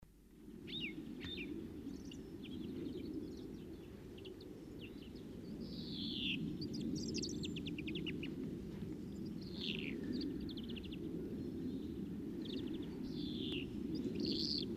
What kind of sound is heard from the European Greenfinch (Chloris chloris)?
song